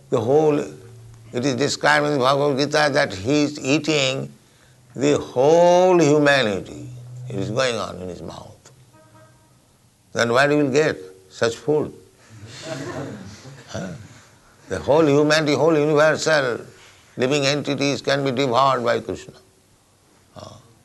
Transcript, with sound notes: the whole, it is described in the Bhagavad-gītā that He is eating, the whole humanity is going on in His mouth. Then where you will get such food? [laughter] The whole humanity, the whole universal living entities can be devoured by Kṛṣṇa.